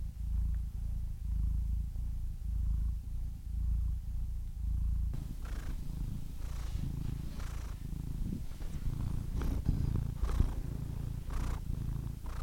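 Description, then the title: Domestic cat purring, first a smooth steady low hum, then a rougher, breathier purr with scattered light rustles after the first five seconds. Compilation of cats ranging from kittens to old cats. "The Ultimate Compilation of Adorable Cat Meows 🐱😺 #CatMeows #CuteKittens"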